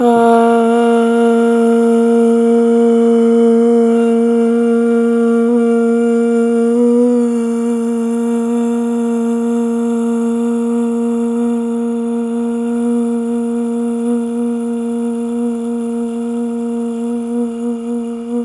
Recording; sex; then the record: sustained vowel /a/; female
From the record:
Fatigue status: fatigue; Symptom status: symptomatic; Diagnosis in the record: COVID-19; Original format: m4a